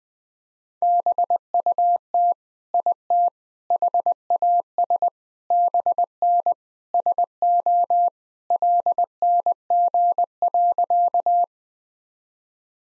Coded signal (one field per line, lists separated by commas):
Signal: Morse code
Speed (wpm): 20 wpm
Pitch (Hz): 700 Hz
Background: none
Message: BUT IT HAS BN SO LNG.